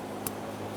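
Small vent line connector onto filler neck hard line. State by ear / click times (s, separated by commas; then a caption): seated / 0.3 s. A small plastic vent line connector on a 2012–2020 Chevrolet Sonic is pushed onto the hard line from the filler neck during a fuel pump module assembly replacement. A single sharp click at 0.3 s rises above a steady low hum, and the connector is seated and locked in place.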